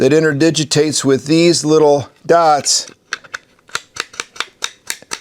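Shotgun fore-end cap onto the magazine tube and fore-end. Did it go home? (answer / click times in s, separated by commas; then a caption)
yes / 3.8 s, 4.0 s, 4.2 s, 4.4 s, 4.6 s. Someone talks for the first 2.7 seconds, then the metal fore-end cap of a Benelli 12 GA Montefeltro autoloading shotgun is turned onto the magazine tube and fore-end, its small spring pin riding over the detent dots on the fore-end insert. After a sharp sound at 3.1 s, a series of ratcheting clicks follows at 3.8, 4.0, 4.2, 4.4 and 4.6 s as the cap locks in place and is seated.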